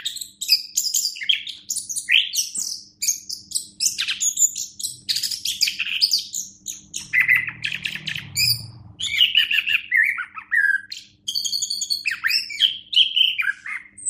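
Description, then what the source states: Thrush (anis semang) singing a loud, continuous and varied warble of whistles, chirps and rapid trills, with a soft low hum in the background. Captive bird named Azuro, owned by Daniel Gacor Bird Shop, Graha Raya, Tangerang.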